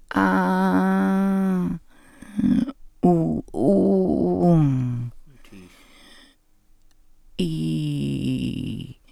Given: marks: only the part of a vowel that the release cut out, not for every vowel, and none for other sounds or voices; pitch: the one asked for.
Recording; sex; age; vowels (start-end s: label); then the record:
sustained vowels; female; 60 to 69 years
0.29-1.62 s: vowel /a/, high pitch
3.18-4.91 s: vowel /u/, high pitch
7.49-8.74 s: vowel /i/, low pitch
From the record:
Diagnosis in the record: recurrent laryngeal nerve paralysis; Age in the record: 69 years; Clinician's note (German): Doppelseitige mit ausgesprägtem Stridor; Glottiserweiterung mit Laser?